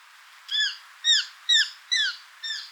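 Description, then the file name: Eurasian jay calls, five short harmonic downslurred notes spaced about half a second apart, slightly softer at the end, over quiet background. "Garrulus glandarius"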